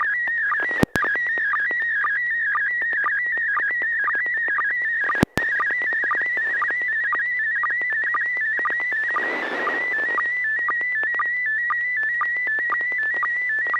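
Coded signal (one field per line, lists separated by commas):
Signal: SSTV (slow-scan television)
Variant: PD 120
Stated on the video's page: SSTV net held weekly on an FM repeater on 441.300 MHz, sent with MMSSTV software.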